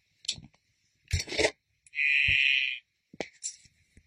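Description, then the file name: Blue poison dart frog giving one loud, even buzzing trill, surrounded by rustling and handling-type knocks before and after. "tinctorius azureus calling"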